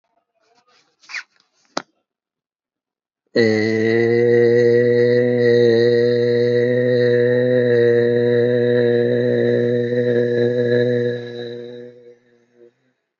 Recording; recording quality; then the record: sustained vowel as in made; moderate, slight background noise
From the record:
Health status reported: healthy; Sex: male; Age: 51 years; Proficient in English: yes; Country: India